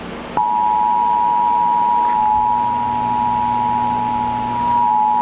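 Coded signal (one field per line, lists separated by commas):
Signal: Emergency Alert System (SAME) tones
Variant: 853 and 960 Hz attention tone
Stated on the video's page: Tornado Warning alert received on TV in the middle of the night.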